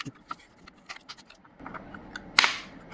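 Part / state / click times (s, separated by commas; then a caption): CPU cooler push-pin into motherboard / seated / 2.4 s. A CPU fan cooler is pressed onto a motherboard, and its plastic push-pins snap in with a sharp click at 2.4 s. Softer small ticks and rustling come before it. The push-pins seat and the four pins at the back also lock.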